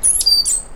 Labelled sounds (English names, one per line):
Stitchbird song